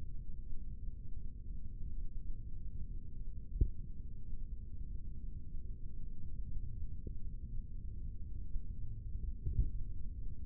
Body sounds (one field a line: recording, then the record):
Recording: forearm muscle sounds (acoustic myography)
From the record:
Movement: rest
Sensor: system 3, bracelet of six PUI Audio POM-2738L microphones around the upper forearm, with dedicated amplification and filtering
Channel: 1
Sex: male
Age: 23 years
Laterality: right